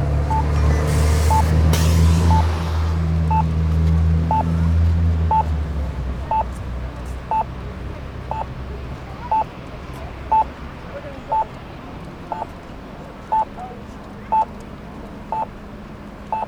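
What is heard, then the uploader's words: At a street corner, a pedestrian-crossing signal beeps about once a second while a heavy engine rumbles, then fades after six seconds. Signals. Corner of Rideau and Sussex Street.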